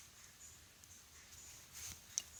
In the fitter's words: Here's the click right there, and basically hold it down with your man force,